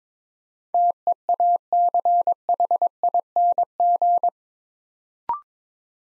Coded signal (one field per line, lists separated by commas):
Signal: Morse code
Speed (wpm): 22 wpm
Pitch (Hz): 700 Hz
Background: none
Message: TEACHING